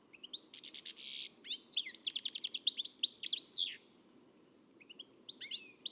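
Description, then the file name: European goldfinch sings a lively twitter with a short buzzy rasp, dense liquid chirps, a silent gap, then a few further notes. "Carduelis carduelis"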